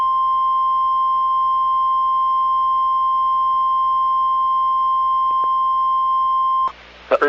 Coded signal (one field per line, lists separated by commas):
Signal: Emergency Alert System (SAME) tones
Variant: 1050 Hz attention tone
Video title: STARTING OFF WITH A BANG... || EAS Alerts from January 2023 (EAS #1,535-1,573)